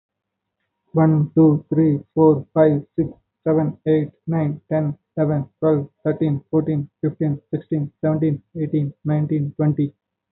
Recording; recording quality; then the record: counting at a fast pace; excellent, no background noise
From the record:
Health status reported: healthy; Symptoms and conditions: none ticked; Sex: male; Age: 30 years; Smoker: not ticked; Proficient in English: yes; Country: India